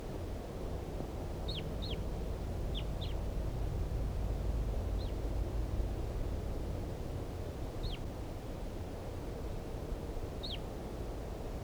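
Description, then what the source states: Red Crossbill calls: thin, abrupt descending chips, some doubled, scattered throughout against constant low-pitched background noise. Wild type 2 bird, at least one present, at 5:21.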